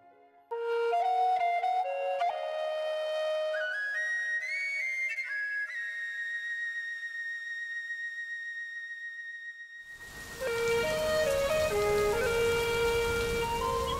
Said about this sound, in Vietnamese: Vào một đêm mưa tháng 7, khá lâu về trước, ở một vùng quê nghèo miền Nam, mọi vật lúc này đều chìm trong màn đêm tĩnh mịch. Chỉ còn tiếng sấm chớp đi đùng, tiếng mưa rít từng cơn, âm thanh gió vờn xào xạc trung chuyển cành cây tán lá